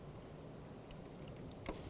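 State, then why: Seated. A wiring harness connector is slid onto a new EGR pressure sensor on a 2002-2005 Ford Explorer and seats with a click at 0.9 s. A steady low rumble runs underneath, and a few more short ticks follow near 1.7 s and 1.9 s.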